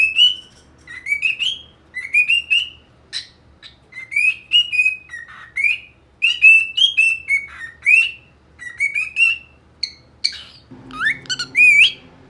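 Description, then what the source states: Cockatiel whistled song, a steady run of bright, rising and falling whistled notes in quick phrases with brief gaps. One-hour song for training a pet cockatiel.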